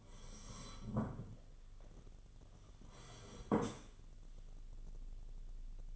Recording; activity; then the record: daily activity, microphone in the room; sit down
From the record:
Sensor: 4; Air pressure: 1016.1 hPa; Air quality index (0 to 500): 198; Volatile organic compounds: 10 ppm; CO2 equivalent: 2254 ppm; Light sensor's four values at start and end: 9/19/8/7 and 9/20/8/7